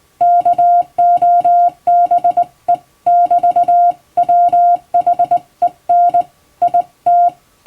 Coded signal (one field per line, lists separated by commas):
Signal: Morse code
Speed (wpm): 21 wpm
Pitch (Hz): 700 Hz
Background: music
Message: KOBE <BT>WHEN IT